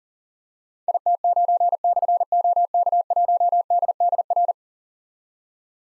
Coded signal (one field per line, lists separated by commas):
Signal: Morse code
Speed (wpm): 40 wpm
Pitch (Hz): 700 Hz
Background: none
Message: IT9/OK1DDR